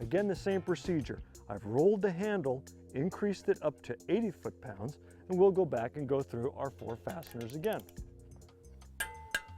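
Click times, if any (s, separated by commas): 9.0 s, 9.3 s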